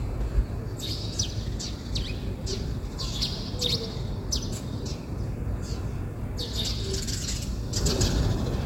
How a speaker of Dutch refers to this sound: Er kwamen overigens meer geluiden bij ons binnen. Neem nou deze mussen.